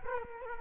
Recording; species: mosquito wingbeat signal from an infrared sensor; Culex quinquefasciatus